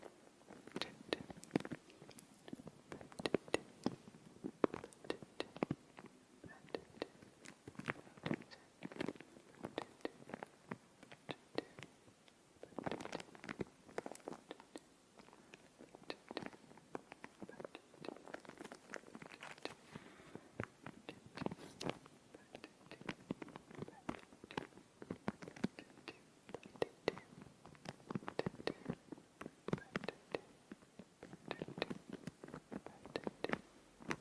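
Layered, unintelligible whispers repeat throughout, with dense crisp clicks and rustles of hand movements, steady without pause.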